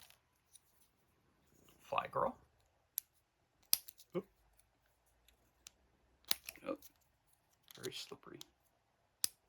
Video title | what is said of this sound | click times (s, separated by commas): Pandora Celeste Kickstarter (Unboxing #1376) | There it goes. Snaps right in. | 9.2 s